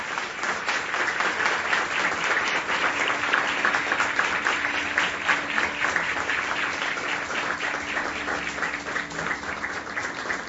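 Steady applause from an audience, dense overlapping claps sustained evenly for about ten seconds at moderate loudness, with no voices over it.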